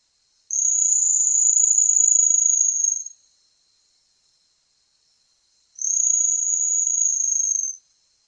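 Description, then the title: Ochre-collared Piculet, two long high even trills of about two and a half and two seconds, separated by a pause of roughly two and a half seconds, with no other sounds. "LuckyPassaro Completos2Sama. Ochre-collared Piculet (Picumnus temminckii)"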